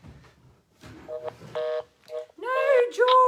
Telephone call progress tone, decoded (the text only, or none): reorder tone